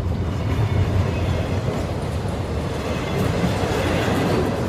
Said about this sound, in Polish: Tamtego pierwszego dnia siedzieli na peronie, obserwując odjazd pociągu, którym Eliza miała wrócić do Kijowa.